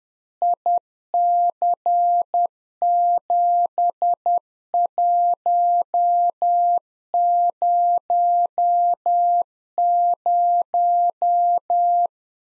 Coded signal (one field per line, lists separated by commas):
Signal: Morse code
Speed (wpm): 10 wpm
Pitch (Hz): 700 Hz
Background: none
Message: IC7100